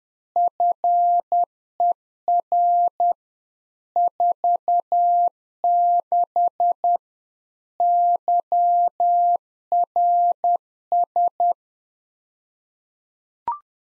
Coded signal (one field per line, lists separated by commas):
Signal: Morse code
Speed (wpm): 10 wpm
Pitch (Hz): 700 Hz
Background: none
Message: FER 46 YRS